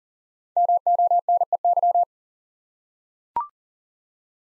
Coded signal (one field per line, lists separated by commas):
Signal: Morse code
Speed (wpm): 39 wpm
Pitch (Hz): 700 Hz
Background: none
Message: MONEY